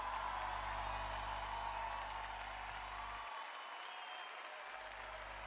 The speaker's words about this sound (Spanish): Aplausos.